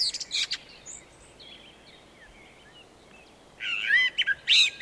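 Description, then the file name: Eurasian blackbird calls: a few high chirps at the start, a quiet pause, then a loud burst of squeaky, chattering notes near the end. "Turdus merula"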